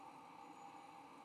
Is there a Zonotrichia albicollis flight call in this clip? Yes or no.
no